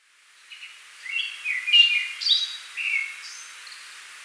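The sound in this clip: Tickell's thrush giving one rich phrase of quick, varied whistles, slurred up and down, rising in volume and then trailing off.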